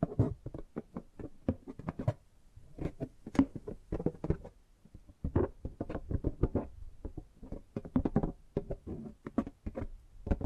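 Rapid tapping fills the clip, a dense run of short knocks with a woody, hollow body and occasional brighter clicks. The taps come in irregular bursts, nearly continuous, with a brief lull around five seconds before the rhythm picks up again.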